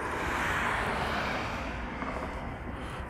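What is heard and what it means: While reinstalling a Ford Escape low beam headlight bulb, the bulb and its wiring harness connector are handled and lined up before the connector is plugged onto the bulb base. A steady, loud broadband rushing noise fills the clip with no sharp sounds. The connector has not been plugged in or snapped into place yet.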